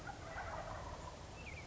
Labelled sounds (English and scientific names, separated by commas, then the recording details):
Wild Turkey (Meleagris gallopavo)
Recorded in Sonoma County, California